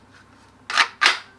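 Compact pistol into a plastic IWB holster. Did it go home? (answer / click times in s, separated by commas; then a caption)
yes / 0.7 s. A Taurus G2c compact pistol is pushed into a plastic IWB (in-the-waistband) holster and snaps in with an audible click at 0.7 s, followed by a second sharp snap at about 1.0 s. The pistol is seated in the holster with a good, firm snap.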